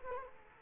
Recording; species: mosquito wingbeat signal from an infrared sensor; Culex quinquefasciatus